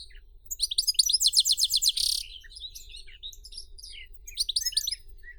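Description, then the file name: European goldfinch song with a rapid series of repeated bright chirps, a short buzzy note, then scattered twittering phrases over a faint low hum. "Golosa ptic - CSHegol Carduelis carduelis"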